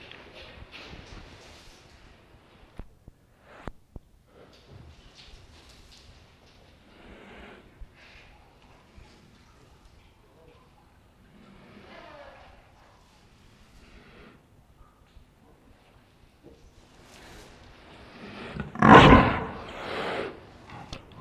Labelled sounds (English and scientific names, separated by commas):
Jaguar (Panthera onca)